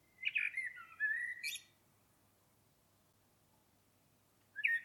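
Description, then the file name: Common blackbird singing one fluty, slurred phrase with a sharp high flourish. A long pause follows before the next phrase begins at the end. "Turdus merula"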